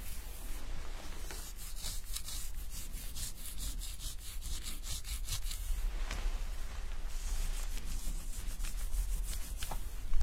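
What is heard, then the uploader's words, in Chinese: A hair-washing and scalp massage session, heard as a continuous run of crisp rubbing and scratching strokes. The strokes come in quick, fairly regular bursts, bright and hissy on top, with a steady low hum underneath throughout. 沉浸式洗头体验 & 头皮按摩。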